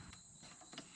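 A small wiring connector is handled while being pushed back onto the brake fluid level sensor on a brake master cylinder reservoir. There is soft handling noise over a steady high-pitched background hum, with a brief sharper rustle around 0.8 s. Nothing has seated or clicked yet; the clip ends just before the connector goes home.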